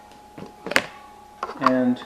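A magnetic inner filter ring is twisted out of a ringlight frame to open the filter holder. A few soft thunks lead up to a sharp pop at 0.8 s as the ring releases, and the ring comes free. Someone talks briefly afterward.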